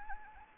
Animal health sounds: mosquito wingbeat signal from an infrared sensor; Anopheles gambiae

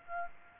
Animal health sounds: mosquito wingbeat signal from an infrared sensor; Aedes aegypti

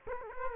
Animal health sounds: mosquito wingbeat signal from an infrared sensor; Culex quinquefasciatus

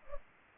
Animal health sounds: mosquito wingbeat signal from an infrared sensor; Culex pipiens

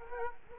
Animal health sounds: mosquito wingbeat signal from an infrared sensor; Culex quinquefasciatus

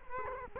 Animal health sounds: mosquito wingbeat signal from an infrared sensor; Culex quinquefasciatus

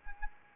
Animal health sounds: mosquito wingbeat signal from an infrared sensor; Anopheles arabiensis

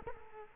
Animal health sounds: mosquito wingbeat signal from an infrared sensor; Culex quinquefasciatus

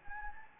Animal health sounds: mosquito wingbeat signal from an infrared sensor; Anopheles gambiae

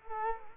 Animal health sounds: mosquito wingbeat signal from an infrared sensor; Culex quinquefasciatus

